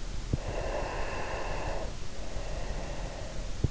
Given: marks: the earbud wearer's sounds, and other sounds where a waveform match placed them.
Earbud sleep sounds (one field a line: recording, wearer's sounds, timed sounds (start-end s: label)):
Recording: sounds in sleep by an in-ear microphone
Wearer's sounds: breath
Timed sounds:
0.00-3.70 s: breath